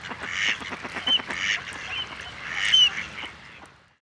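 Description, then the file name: Mallard quacking, a loose series of nasal, raspy quacks in uneven bursts with short gaps, fading out at the end. "Canard colvert"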